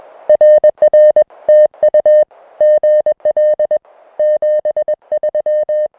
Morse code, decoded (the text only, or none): RR TU GL 73